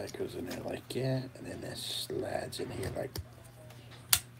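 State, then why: Seated. Someone talks while sliding one plastic piece of a dash-mounted accessory, which glues down on the dash, into its mating bracket. The piece is pushed home and gives a sharp snap at 4.1 s, and it is seated in place.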